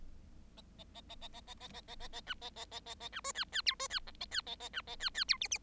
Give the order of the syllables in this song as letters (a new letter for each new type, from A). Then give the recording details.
A A A A A A A A A A A A B A A A A A B C D D E C D F A D A A B A D D E G G. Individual Bird7